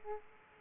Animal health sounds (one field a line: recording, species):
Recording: mosquito wingbeat signal from an infrared sensor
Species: Aedes aegypti